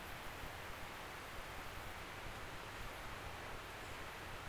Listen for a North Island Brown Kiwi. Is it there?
no